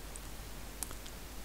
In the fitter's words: you click it into place again